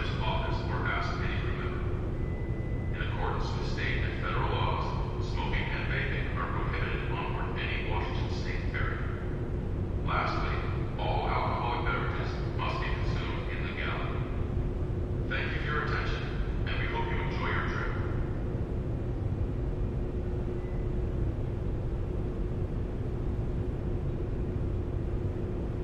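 A ferry's engines throb in a steady low rumble with a constant hum, while a man speaks in bursts, then falls quiet after eighteen seconds.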